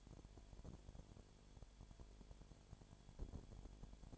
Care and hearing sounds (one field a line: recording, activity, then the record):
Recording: daily activity, microphone in the room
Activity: no activity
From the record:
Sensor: 5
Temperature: 19.9 degrees Celsius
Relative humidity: 37.1%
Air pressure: 1007.3 hPa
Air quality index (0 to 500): 84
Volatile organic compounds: 1 ppm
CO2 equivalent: 962 ppm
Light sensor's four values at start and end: 2/3/1/1 and 2/3/1/1